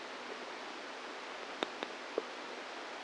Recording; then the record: brain microelectrode recording played as sound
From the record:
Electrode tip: inside the subthalamic nucleus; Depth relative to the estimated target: -1 mm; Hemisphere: right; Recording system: NeuroSet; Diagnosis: Parkinson's disease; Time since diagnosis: 10 years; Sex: female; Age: 45 years